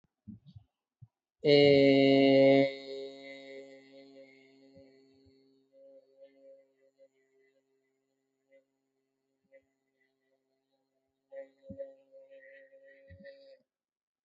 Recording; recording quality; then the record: sustained vowel as in made; excellent, no background noise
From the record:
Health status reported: healthy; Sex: male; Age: 25 years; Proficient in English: yes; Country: India